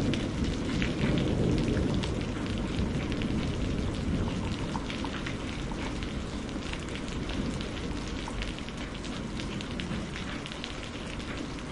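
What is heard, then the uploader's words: A spring rainstorm pours down steadily, a dense hiss of rain with a deep rumbling wash underneath. Sharp individual drops tick and patter throughout at an irregular, quick pace. The level holds even for the whole stretch, easing only slightly after the first couple of seconds. Spring Rain Storm.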